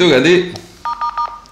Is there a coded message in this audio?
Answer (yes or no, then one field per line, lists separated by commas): no